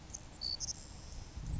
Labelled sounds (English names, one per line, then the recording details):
Savannah Sparrow
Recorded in Sonoma County, California